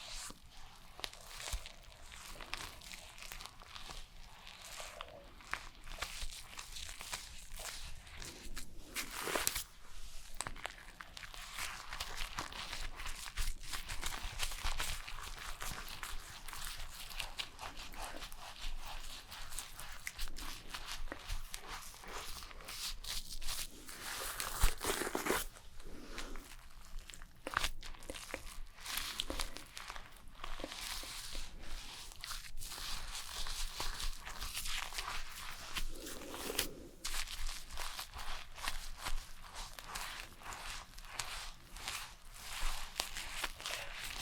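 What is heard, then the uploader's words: Crisp snipping and rustling of a haircut and shave, a dense crackle of bright clicks with louder brushing bursts near 9, 25 and 36 seconds. ASMR SUPER Realistic Haircut and Shaving (Recorded Actual Sounds Layered) NO TALKING.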